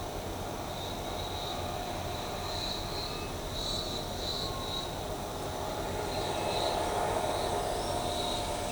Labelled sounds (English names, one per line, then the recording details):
none
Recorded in shrubland near Pivijay, Magdalena, Colombia, on 17 April 2023 at 14:30
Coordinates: 10.453, -74.365
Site P5-G022